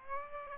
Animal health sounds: mosquito wingbeat signal from an infrared sensor; Aedes aegypti

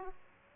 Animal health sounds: mosquito wingbeat signal from an infrared sensor; Aedes aegypti

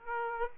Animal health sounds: mosquito wingbeat signal from an infrared sensor; Aedes aegypti

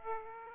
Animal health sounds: mosquito wingbeat signal from an infrared sensor; Aedes aegypti

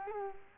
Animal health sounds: mosquito wingbeat signal from an infrared sensor; Culex quinquefasciatus

